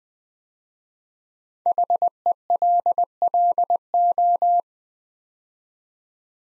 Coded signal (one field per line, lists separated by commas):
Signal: Morse code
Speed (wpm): 20 wpm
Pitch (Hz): 700 Hz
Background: none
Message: HELLO